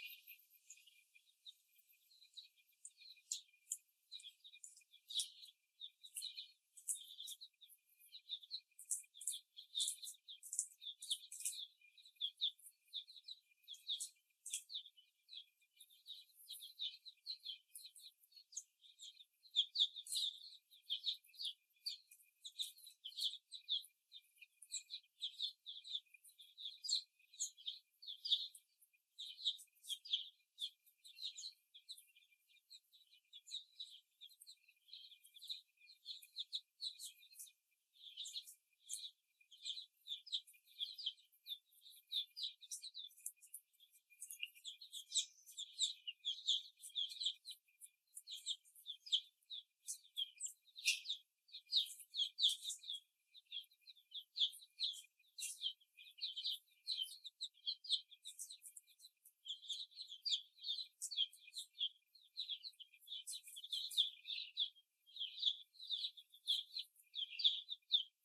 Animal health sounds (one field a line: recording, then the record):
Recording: young laying hens in a cage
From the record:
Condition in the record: after the stressor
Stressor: simulated dog barking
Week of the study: 1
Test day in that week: 2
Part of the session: 3